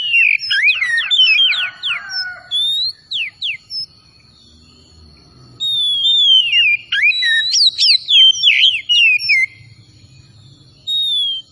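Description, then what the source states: Oriental magpie-robin song: sharp whistled notes sweeping downward in quick series, then a pause and a renewed burst of rich, varied whistles. Kacer Tretes bird, singing vigorously (gacor).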